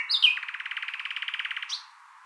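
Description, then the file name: Common nightingale delivering a sharp whistle, then a quick, buzzy trill of about twenty evenly spaced notes, ending with an upward note. "Luscinia megarhynchos"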